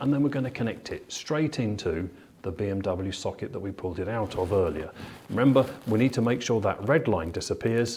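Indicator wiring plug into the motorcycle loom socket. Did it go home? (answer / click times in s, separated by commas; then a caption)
no / none. A man talks throughout as a Weisertechnik Extreme EVO indicator wiring plug is fed under and brought to the original BMW socket in the loom of a BMW R1250GS/A motorcycle, where it is to be pushed in until its red line disappears. Nothing has seated or clicked yet; the connector has not gone home.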